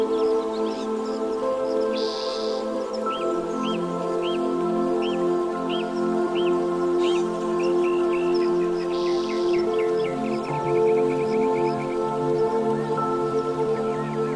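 Relaxing music of steady, sustained tones plays throughout while birds chirp in quick repeated runs, loudest around the middle and near the end.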